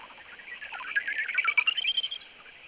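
Greater horseshoe bat calls heard as a dense burst of rapid chirping pulses that rise in pitch overall.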